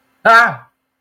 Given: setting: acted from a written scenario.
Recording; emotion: vocal sound without words; negative surprise